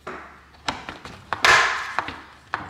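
A cordless Home Decorators Collection faux wood blind headrail is pushed up into its mounting brackets, producing a series of short wooden taps and knocks plus a louder scraping rub around 1.5 s. A final sharp click at 2.5 s marks the headrail catching and seating in the brackets.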